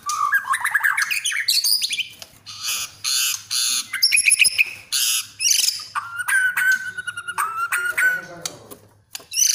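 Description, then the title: Oriental magpie-robin song, a varied mix of rising whistles, harsh scratchy bursts and a long level whistled note, with short pauses between phrases. "kacer"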